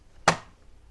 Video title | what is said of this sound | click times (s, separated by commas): The PERFECT Home Photo Printer - Canon Selphy Setup & Review | and just slide it in until it clicks. | 0.3 s